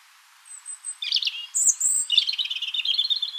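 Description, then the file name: European robin song phrase: a high thin whistle, a short jumble of notes, then a sustained high note and a fast rattling trill. "Erithacus rubecula"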